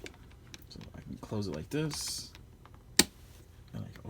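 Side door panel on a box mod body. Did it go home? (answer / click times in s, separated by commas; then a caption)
released / 3.0 s. Someone talks while working at the closed side door panel of a box mod body, with soft clicks and handling noises as they struggle to open it. The door pops open with a sharp, loud click at 3.0 s, and the panel is released.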